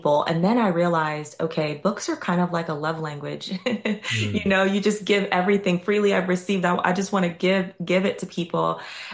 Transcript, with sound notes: And then I realized, "Okay.
Books are kind of like a love language." (laughs)
Mm-hmm.
You know, you just give everything freely. I've received that... I just wanna give, give it to people.